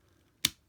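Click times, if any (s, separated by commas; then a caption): 0.5 s. A swiveled plastic shoulder piece is clicked into place on the torso of a robot toy, a Shinkansen Henkei Robo Shinkalion Z 800 Sonic. A sharp click lands at 0.5 s, followed by a fainter tick at 0.7 s. The piece is seated.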